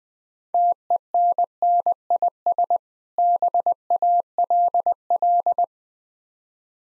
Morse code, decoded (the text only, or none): TENNIS BALL